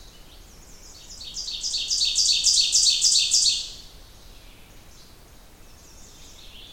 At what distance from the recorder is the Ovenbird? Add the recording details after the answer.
about 10 m. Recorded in boreal forest in Alberta, Canada, on 29 June 2016 at 07:26. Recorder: SongMeter 3, array SBT-6-79. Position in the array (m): 32 m, 110 m. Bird 40